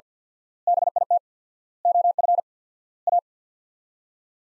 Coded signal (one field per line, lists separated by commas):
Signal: Morse code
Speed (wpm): 50 wpm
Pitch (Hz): 700 Hz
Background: none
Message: BIT OF A